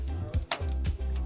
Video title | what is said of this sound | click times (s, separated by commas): How to Build a Gaming PC in 2021 | So we'll line it up there, and then just press it until it clicks. | 0.5 s